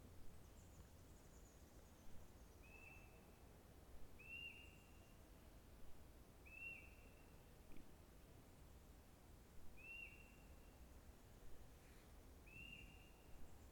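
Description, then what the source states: Bird giving a short, clear whistled note repeated five times against steady low rumbling background noise. Birds singing in the forest at Quebrada La Vieja.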